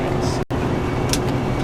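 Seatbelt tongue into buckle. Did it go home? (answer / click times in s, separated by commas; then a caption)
yes / 1.1 s. In a car, a passenger retries a seatbelt buckle that had not been latching and kept clicking out, pushing the tongue into the buckle over steady vehicle rumble. A single sharp click sounds at 1.1 s as the buckle latches, and someone talks.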